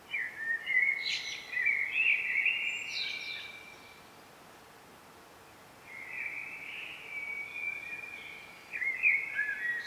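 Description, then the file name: Common blackbird sings three warbling phrases, the first with scratchy high notes. "Turdus merula"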